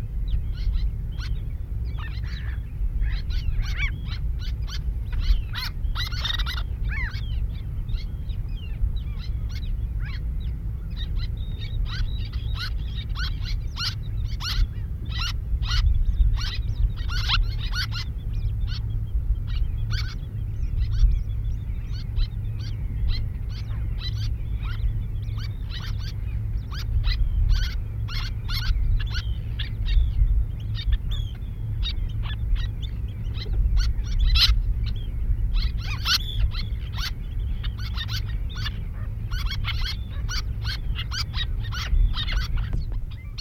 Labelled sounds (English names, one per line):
Little Tern call